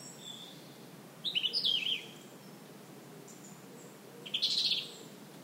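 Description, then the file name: European robin singing a fluttering, descending high phrase, then after a pause a second dense, sparkling burst, over a soft background hiss. "Erithacus rubecula"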